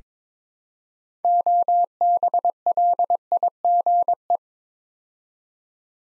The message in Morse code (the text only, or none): OBLIGE